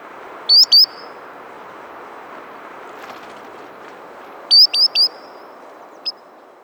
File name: solitary sandpiper